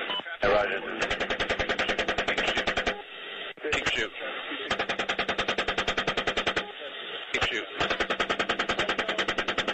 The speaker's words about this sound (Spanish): Bueno, pues ahí estábamos oyendo el sonido de las ráfagas de ese helicóptero Apache que mató a una decena de personas, si no recuerdo mal